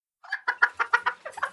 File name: chicken